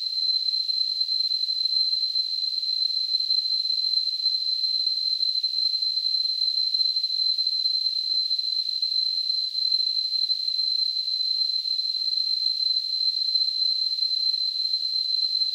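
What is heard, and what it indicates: Simulated tinnitus: a steady, continuous high-pitched tone near 4 kHz, surrounded by a faint hiss band, unchanging throughout with no low-frequency content.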